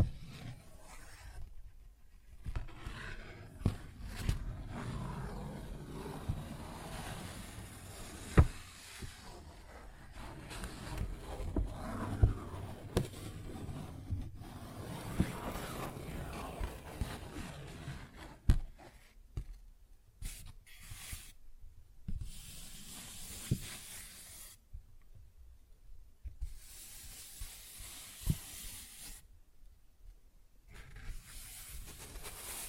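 Paper bag being tapped and scratched, with rough rustling and scraping that comes in irregular bursts separated by short silences. The first twenty seconds are denser and fuller, with a sharp tap near eight seconds. Later the handling thins into scattered, brighter crinkles.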